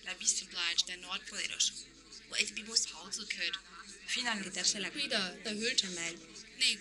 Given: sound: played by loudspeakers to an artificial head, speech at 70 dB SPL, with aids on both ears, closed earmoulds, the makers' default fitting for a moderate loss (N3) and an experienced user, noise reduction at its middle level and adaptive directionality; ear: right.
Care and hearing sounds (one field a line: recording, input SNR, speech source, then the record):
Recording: speech test signal (ISTS) in cocktail-party noise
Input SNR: +3 dB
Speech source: on the right (90 degrees)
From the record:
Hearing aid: class 1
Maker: H